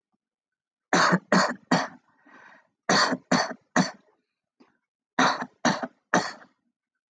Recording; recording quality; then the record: shallow voluntary cough; excellent, no background noise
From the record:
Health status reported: healthy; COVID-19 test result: not tested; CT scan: not taken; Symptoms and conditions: none ticked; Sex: male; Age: 47 years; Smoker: no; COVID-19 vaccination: both doses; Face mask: not worn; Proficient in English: yes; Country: India